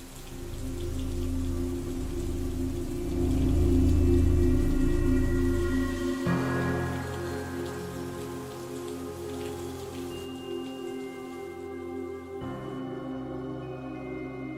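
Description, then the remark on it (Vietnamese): Heavy rain pours down at night in a windy storm over a village yard, a steady, dense hiss with a low rumbling undertone that swells midway, then eases slightly; no voices are heard. “xen lẫn trong đó là mưa gió và sấm sét chói lòa.”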